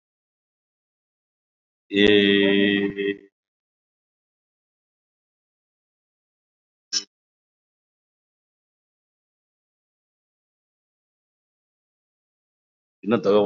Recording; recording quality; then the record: sustained vowel as in made; excellent, no background noise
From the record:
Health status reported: COVID-19 positive, no symptoms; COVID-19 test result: positive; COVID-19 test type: RT-PCR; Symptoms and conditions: ischaemic heart disease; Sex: male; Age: 45 years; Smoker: yes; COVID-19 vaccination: one dose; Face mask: worn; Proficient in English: no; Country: India